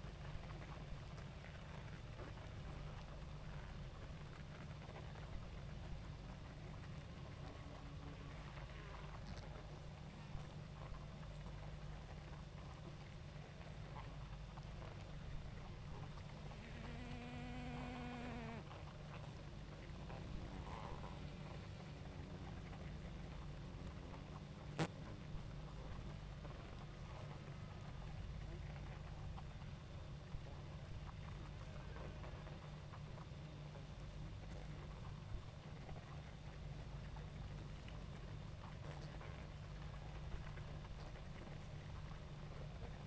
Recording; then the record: honeybee colony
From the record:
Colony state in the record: active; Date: 28 July 2017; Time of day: 20:25